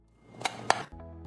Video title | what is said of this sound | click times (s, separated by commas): Ryou Series (model: K14RH) Installation Video | Ensure upper canopy is sit on top of lower canopy. Fix both side canopy until a click sound is heard. | 0.5 s, 0.7 s